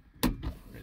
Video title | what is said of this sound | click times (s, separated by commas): 3rd gen Toyota 4runner compass and temp mirror upgrade | and then just push right there and it snaps back into place. | 0.2 s